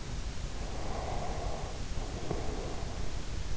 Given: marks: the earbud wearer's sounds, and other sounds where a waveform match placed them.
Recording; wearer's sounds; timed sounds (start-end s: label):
sounds in sleep by an in-ear microphone; breath
0.61-3.27 s: breath